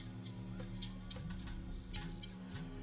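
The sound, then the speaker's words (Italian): Small paws click lightly across a hard floor in an uneven patter of sharp taps, heard over a steady low hum with no voices. “Quando Tigatoi camminava, le zampette ticchettavano sul pavimento.”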